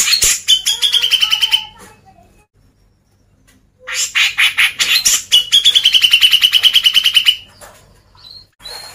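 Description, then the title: Grey-cheeked bulbul song: two bouts of grating chatter, each running into a rapid high trill, the second trill long and steady, separated by a short silence. Masteran, a training recording played to caged birds. "MASTERAN CUCAK JENGGOT"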